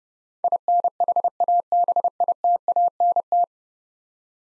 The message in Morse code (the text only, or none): INHABITANT